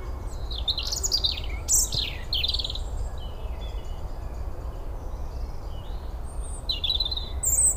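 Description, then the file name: European robin producing rapid, high, jumbled twittering phrases early on, quieter notes after, and a final bright burst, over persistent low rumble. "Erithacus rubecula"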